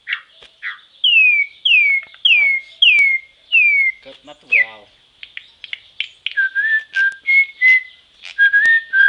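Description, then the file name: Venezuelan troupial song: several loud downslurred whistles in quick succession, a brief harsh rasping note, then a run of shorter level whistled notes. "turpial"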